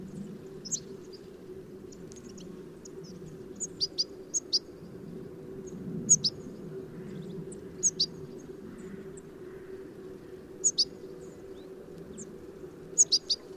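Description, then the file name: European goldfinch calls, short high twittering notes scattered throughout, some in quick pairs, over a steady low hum. "Carduelis carduelis"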